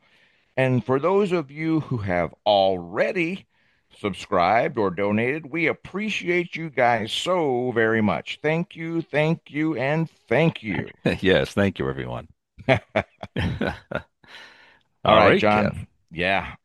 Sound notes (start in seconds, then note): 10.4 laughs; 12.6 laughs